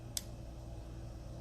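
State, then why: Seated. A data/audio wire connector is pushed back onto a DIN plug assembly for an R5 DIN plug replacement. A single sharp click is heard at 0.2 s over a low steady hum. The connector seats fully.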